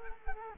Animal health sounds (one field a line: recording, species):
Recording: mosquito wingbeat signal from an infrared sensor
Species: Culex quinquefasciatus